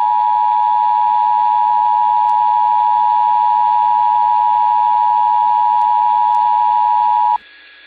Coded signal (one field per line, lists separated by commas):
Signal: Emergency Alert System (SAME) tones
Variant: 853 and 960 Hz attention tone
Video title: EAS Movie Combo II - The Birds & Lake Placid